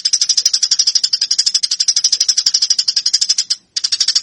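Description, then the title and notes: Eurasian tree sparrow fighting call, dense rapid chirping held for several seconds, a brief stop, then resuming. Fighting (tarung) sparrow sound used to train birds; Indonesian name burung gereja. "MASTER GEREJA TARUNG 1. burung gereja"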